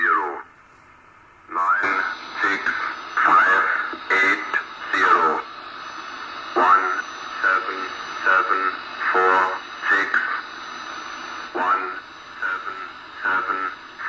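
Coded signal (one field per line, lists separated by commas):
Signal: numbers station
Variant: E06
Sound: a voice reading short, evenly spaced words over AM radio with static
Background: radio static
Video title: E06 Russian numbers station on 7844 kHz AM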